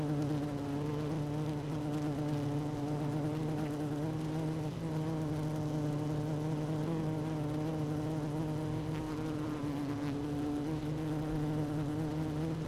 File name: Hive 1 12 06 2018 Queen Bee H 1